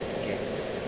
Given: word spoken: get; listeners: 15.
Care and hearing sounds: one English word in noise, from a listening test; speech-shaped noise; -6.0 dB; 5 of 15; 7 of 15; 0.48 s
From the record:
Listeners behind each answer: 7, 5, 1, 1, 1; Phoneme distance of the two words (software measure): 10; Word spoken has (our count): 1 syllable, 3 phonemes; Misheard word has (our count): 1 syllable, 3 phonemes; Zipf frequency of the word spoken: 6.49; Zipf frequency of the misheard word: 4.34

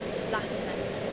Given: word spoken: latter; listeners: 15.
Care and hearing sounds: one English word in noise, from a listening test; speech-shaped noise; -5.8 dB; 4 of 15; 7 of 15; 0.72 s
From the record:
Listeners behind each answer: 7, 4, 1, 1, 1, 1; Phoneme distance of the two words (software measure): 7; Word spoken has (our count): 2 syllables, 4 phonemes, stress on syllable 1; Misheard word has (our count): 2 syllables, 5 phonemes, stress on syllable 1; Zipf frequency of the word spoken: 3.69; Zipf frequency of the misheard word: 3.31

